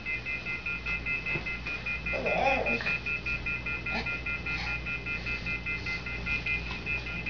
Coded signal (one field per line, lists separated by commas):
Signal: telephone call progress tone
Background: speech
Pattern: off-hook warning tone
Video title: Fast busy signal